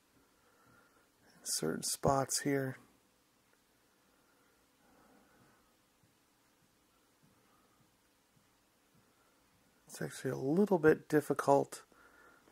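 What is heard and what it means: Plastic clips on a Final Faction Arrow toy ATV are lined up against the roll cage bars, ready to be pressed home. Someone talks at the start and again near the end, with only faint rustling of handling in between. Nothing has clicked into place yet.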